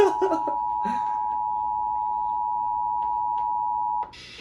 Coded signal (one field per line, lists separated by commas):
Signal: Emergency Alert System (SAME) tones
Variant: 853 and 960 Hz attention tone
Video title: BIG TIME KWO35... EAS Alerts from 7/22-23/20 (EAS 3151-3228)